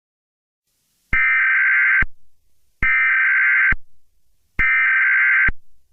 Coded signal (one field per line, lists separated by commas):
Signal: Emergency Alert System (SAME) tones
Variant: header bursts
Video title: EAS Scenario #37: Chemical Spill Chaos